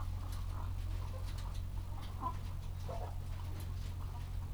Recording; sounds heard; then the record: poultry house recording; sick chickens (respiratory disease)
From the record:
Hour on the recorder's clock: 14